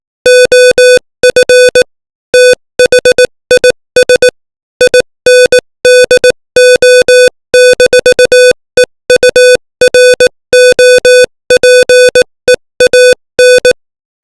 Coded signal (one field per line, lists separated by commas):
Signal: Morse code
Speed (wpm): 18 wpm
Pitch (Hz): 500 Hz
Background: music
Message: OF THIS INDO-EUROPEAN